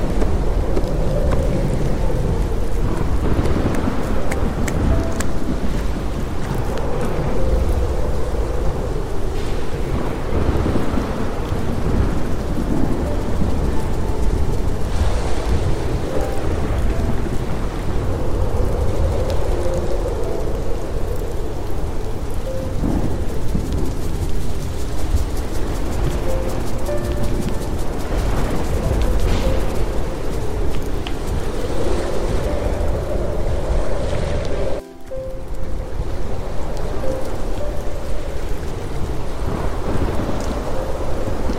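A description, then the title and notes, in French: Storm sounds with a soft piano melody: a dense, steady roar of wind and rain fills the whole clip, with low rumbles swelling and fading throughout. Gentle piano notes sit faintly above it, and a brief dropout breaks the sound near 35 seconds. Sons de TEMPÊTE, triggers ASMR, douce mélodie au PIANO. Les MEILLEURS SONS de la NATURE et TRIGGERS (no talking) avec piano.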